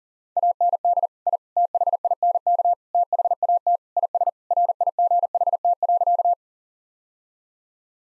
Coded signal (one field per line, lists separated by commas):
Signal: Morse code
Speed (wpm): 37 wpm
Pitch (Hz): 700 Hz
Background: none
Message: AND I THINK THAT IS RIGHT.